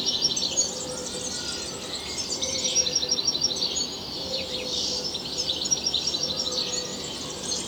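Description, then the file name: European goldfinch with a continuous bright twittering song, dense high chirps and short trills, with faint low tones in the background. "Carduelis carduelis"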